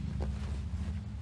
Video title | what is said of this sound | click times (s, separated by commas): Zero SRS 2020 Voyage en moto électrique 2024 | ça j'ai entendu un petit clli après moi en is je l'embarque on | 0.2 s